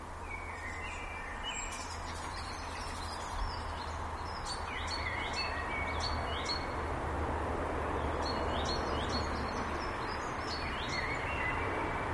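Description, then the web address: Eurasian blackbird singing: fluty whistled phrases, each ending in thin, squeaky high twitters, over a steady low background rumble. Recorded 24 May 2012. "linnut mustarastas 120524"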